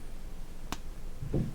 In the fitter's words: and you can feel it click and you can hear it as well.